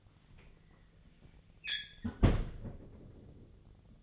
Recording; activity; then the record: daily activity, microphone in the room; close fridge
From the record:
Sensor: 4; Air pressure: 1010.6 hPa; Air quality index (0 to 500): 176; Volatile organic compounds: 5 ppm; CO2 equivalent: 1782 ppm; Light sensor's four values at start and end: 29/86/34/34 and 35/101/40/40